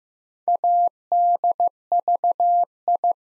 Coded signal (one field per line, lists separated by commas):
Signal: Morse code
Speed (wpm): 15 wpm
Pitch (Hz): 700 Hz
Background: none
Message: ADVI